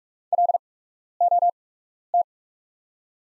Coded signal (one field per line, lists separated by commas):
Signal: Morse code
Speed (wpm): 44 wpm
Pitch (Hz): 700 Hz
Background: none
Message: LOT